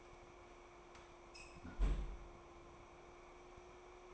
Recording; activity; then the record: daily activity, microphone in the room; close fridge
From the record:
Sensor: 1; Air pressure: 1004.6 hPa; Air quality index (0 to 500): 193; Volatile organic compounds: 16 ppm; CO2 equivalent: 2554 ppm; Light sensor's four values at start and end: 4/11/4/4 and 4/11/4/4